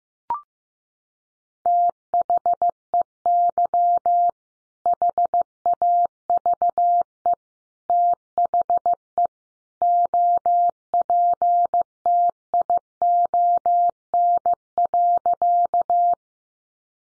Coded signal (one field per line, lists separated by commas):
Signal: Morse code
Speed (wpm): 15 wpm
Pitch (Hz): 700 Hz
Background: none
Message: THEY HAVE THE OPTION.